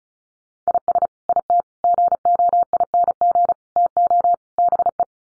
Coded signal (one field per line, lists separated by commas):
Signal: Morse code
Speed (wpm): 34 wpm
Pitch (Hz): 700 Hz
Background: none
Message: IS IT GOING TO BE